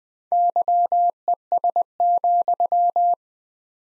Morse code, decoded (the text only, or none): YES,